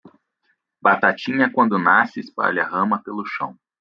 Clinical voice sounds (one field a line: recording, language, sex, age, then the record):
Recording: short text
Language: Brazilian Portuguese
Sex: male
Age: 20 to 29 years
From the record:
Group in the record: control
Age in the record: 24 years